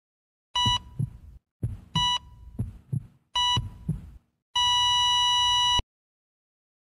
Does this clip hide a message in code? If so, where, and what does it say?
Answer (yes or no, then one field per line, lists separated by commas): no